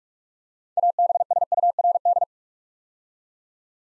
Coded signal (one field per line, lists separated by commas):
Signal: Morse code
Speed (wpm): 44 wpm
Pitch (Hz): 700 Hz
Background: none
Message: ABSURD